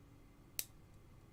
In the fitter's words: that click as you might just have heard there that's good that's